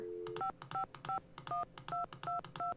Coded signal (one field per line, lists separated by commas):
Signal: DTMF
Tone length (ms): 140 ms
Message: 5551222